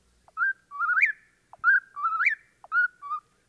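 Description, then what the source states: Eastern Whip-poor-will singing its whistled phrase, ending in a rising flick, repeated three times; the last phrase is shorter. Forest-dwelling nightjar of eastern forests, singing at dusk as thrush songs fade.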